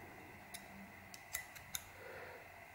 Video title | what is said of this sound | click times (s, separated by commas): Delid 7900X, liquid metal et direct die | Voilà, je ne sais pas si vous avez entendu le clac. C'est souvent le bruit qu'on entend une fois que les deux sont désolidarisés. | 1.4 s, 1.8 s